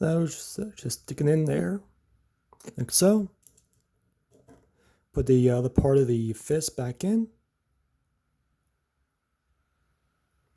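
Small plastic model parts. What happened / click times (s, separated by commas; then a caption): Handled, not yet seated: plastic model part positioned, no seating click yet / none. Someone talks while handling the other half of a plastic fist for a 1/144 RG RX-93 Nu Gundam model kit hand, with a few faint handling ticks around 3.5 to 4.3 seconds. The half is being put back onto the hand, but nothing has seated or clicked into place yet.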